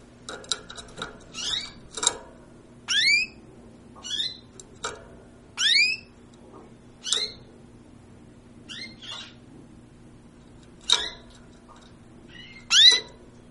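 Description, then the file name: Bird calls: a series of harmonic, downward-sweeping squealing notes, repeated at irregular intervals, over a faint low steady hum. "aves"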